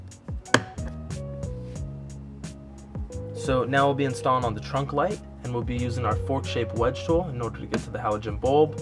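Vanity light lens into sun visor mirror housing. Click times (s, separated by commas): 0.5 s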